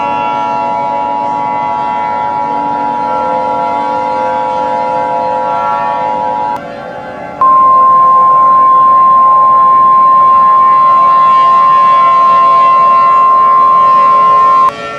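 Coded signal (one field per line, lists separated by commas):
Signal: Emergency Alert System (SAME) tones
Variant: 853 and 960 Hz attention tone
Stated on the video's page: Fictional alert scenario, simulated rather than real.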